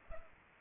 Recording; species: mosquito wingbeat signal from an infrared sensor; Culex pipiens